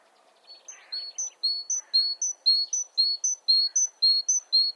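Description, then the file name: Great tit song, bright paired whistles alternating high and low notes, repeated about twice a second, with faint chirps from other birds. "Parus major"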